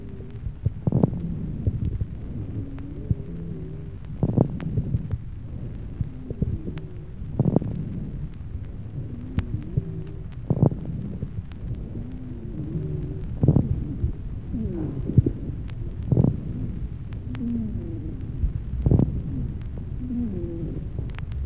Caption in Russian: Иногда сухие и влажные хрипы выслушиваются вместе. В легких у больного с бронхоэктатической болезнью и пневмосклерозом. На вдохе определяются влажные звонкие хрипы, а на выдохе – сухие хрипы.